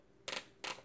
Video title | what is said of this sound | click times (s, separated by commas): Trakline Belt Review | you just put it through, and if you hear that snap, you hear those snaps, and it's shut. | 0.3 s, 0.4 s